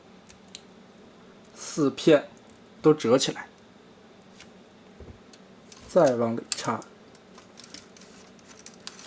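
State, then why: Seated. Someone talks while a plastic part of a transforming toy is pushed further into its slot on the missile launcher, with soft plastic ticks and rustles in between. A sharp click at 8.9 s marks the part bottoming out, fully seated.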